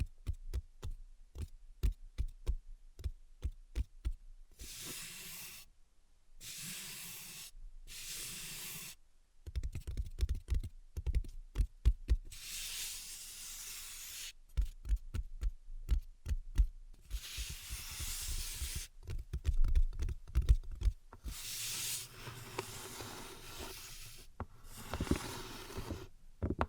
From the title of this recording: Invisible Tapping and Scratching